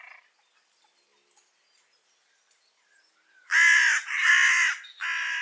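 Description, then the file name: Carrion crow: a few seconds of near silence, then three loud, rough caws in quick succession. "Corvus corone"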